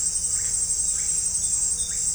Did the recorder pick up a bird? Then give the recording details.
no. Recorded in secondary vegetation near Puerto Asís, Putumayo, Colombia, on 21 December 2024 at 18:00. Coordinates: 0.498, -76.327. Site GP07